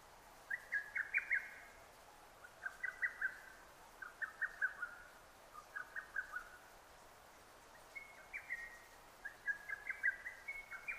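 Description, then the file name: Lesser cuckoo song: six staccato, quickly tumbling phrases of five or six sharp whistled notes, each about a second long, with short pauses between them. Recorded 6 June 2009. "hototogisu 20090606"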